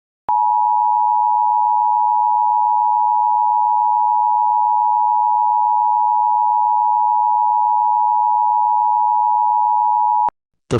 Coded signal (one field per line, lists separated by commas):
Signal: Emergency Alert System (SAME) tones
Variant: 853 and 960 Hz attention tone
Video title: EAS Scenario 12: EAS Malfunction (10 Subscriber Special)